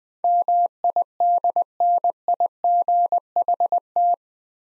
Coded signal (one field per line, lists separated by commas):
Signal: Morse code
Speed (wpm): 20 wpm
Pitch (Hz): 700 Hz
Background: none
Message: MIDNIGHT